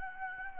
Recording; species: mosquito wingbeat signal from an infrared sensor; Anopheles gambiae